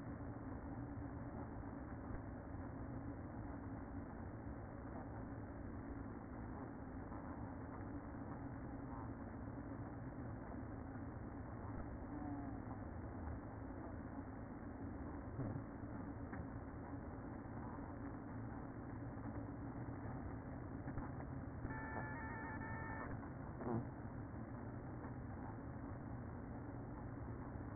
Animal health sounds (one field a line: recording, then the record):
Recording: honeybee colony, microphone inside the hive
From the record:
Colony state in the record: queen present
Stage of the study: after two queens were removed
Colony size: about 60,000 bees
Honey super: yes